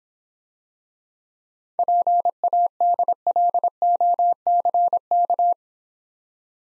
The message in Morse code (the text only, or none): PADLOCK